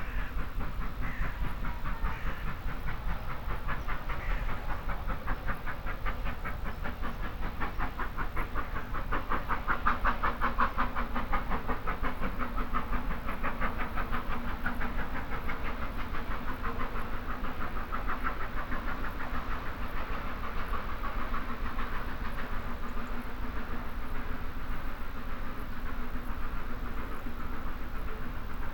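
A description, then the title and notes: A steam train sits at a country station, its engine giving off a steady hiss and low rumble that holds level for the whole stretch. Fine rapid ticking runs through the middle, and a dense, even layer of sound fills the background without clear separate events. Steam train stops at country station. It's a perfect Shropshire August day. We took this sound photograph of a steam train passing through Arley station last month. We recorded in high definition sound. Balmy country sounds.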